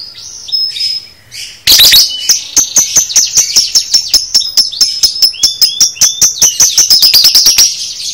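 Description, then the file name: Lovebird song: a soft high whistle, then a harsh burst leading into a long, fast run of sharp, high, buzzy chips with short falling notes mixed in. Lovebird masteran recording, made for training cage birds. "masteran lovebird paud"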